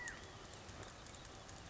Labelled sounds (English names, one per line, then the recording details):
California Quail
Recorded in Sonoma County, California